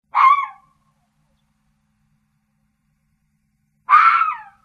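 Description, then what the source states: Fox calling twice, coarse screechy barks spaced nearly four seconds apart, with nothing else audible. Forest.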